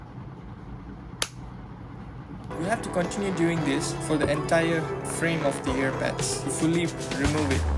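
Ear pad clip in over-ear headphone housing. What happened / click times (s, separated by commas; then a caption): The ear pad clip popped free of the housing / 1.2 s. A thin tool wedged between the plastic ear pad frame and the housing of Sony WH-1000XM4 over-ear headphones pushes the pad out until its clip pops free with a sharp click at 1.2 s, releasing it. From about 2.5 s, music plays while someone talks.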